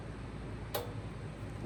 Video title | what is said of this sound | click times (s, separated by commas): Somebody's gettin' Rich, but It ain't Us -- DIY Farm Equipment Maintenance & Repair | Y'all heard that snap. | 0.7 s